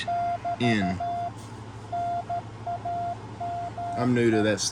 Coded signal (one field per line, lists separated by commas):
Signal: Morse code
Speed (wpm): 13 wpm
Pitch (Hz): 700 Hz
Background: speech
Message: <BT> NAME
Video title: R1CBU Newest Firmware is Superior for CW Decode!